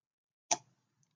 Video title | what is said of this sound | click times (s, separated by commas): Best Homedics Handheld Massager Review - Bonus Article Too! | snaps off and so you can just do that it's very simple to use and | 0.5 s